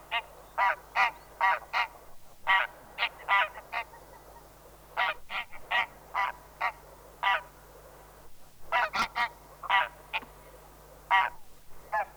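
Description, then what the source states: Greylag Goose honking: a busy series of loud, nasal, clipped honks in quick runs with short pauses, a steady low hum beneath. Field recording, released 1984 on a Swedish cassette of mountain and coastal birds.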